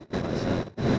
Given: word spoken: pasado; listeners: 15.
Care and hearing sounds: one Spanish word in noise, from a listening test; noise modulated by one talker; -9.1 dB; 1 of 15; 7 of 15; 0.59 s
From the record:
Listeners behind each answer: 7, 1, 1, 1, 1, 1, 1, 1, 1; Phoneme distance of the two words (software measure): 17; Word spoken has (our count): 3 syllables, 6 phonemes, stress on syllable 2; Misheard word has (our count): 2 syllables, 5 phonemes, stress on syllable 2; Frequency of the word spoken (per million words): 462.01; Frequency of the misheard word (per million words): 157.63

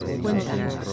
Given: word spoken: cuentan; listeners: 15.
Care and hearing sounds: one Spanish word in noise, from a listening test; eight-talker babble; -2.3 dB; 0 of 15; 6 of 15; 0.53 s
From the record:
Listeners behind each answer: 6, 6, 1, 1, 1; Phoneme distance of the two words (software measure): 10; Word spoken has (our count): 2 syllables, 7 phonemes, stress on syllable 1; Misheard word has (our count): 2 syllables, 7 phonemes, stress on syllable 1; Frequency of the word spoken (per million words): 35.46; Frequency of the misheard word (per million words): 65.59

